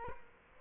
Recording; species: mosquito wingbeat signal from an infrared sensor; Culex quinquefasciatus